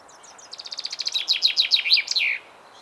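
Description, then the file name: Common chaffinch song: a quick run of bright repeated notes stepping lower in pitch, ending in a short downward flourish, over quiet background hiss. "Fringilla coelebs"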